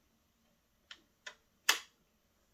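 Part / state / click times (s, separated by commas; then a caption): thread into serger tension guide / seated / 1.7 s. Thread on a 4-thread serger is pressed into the tension guide slot again to repeat the seating click. Two faint ticks at 0.9 s and 1.3 s come first, then a louder, sharp click at 1.7 s as the thread seats in the slot. The thread is confirmed seated.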